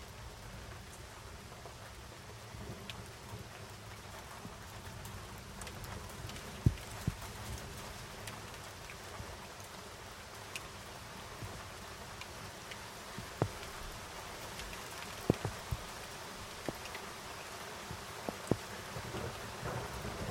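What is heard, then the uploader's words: Steady rain hisses outside a window in the French Alps, with sharp drips and taps landing more often in the second half. Storm in the mountains. In the French Alps, close to Cruseilles, the recording was captured from a window of a home.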